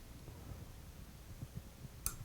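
The side lock of an L.C. Smith shotgun is set back to the fired position, then its hammer is re-cocked with the back of a screwdriver handle. After soft low handling noise, a single sharp click at 2.1 s is heard as the sear drops into the bent and the hammer seats cocked.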